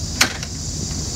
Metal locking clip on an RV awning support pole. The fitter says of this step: you want to grab the pole and push it all the way up until the metal clip makes an audible click sense and locks